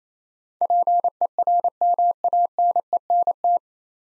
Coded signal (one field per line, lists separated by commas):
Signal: Morse code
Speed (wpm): 28 wpm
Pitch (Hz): 700 Hz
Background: none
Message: PERMANENT